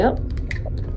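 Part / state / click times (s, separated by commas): door lock latch in a cabin door / released / 0.5 s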